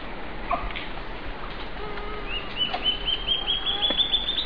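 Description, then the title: Band-tailed antbird song, a quick run of repeated notes slowly climbing in pitch, starting midway and still going at the end, with faint other calls and constant hiss. "LuckyPassaro Completos2Sama. Band-tailed Antbird (Hypocnemoides maculicauda)"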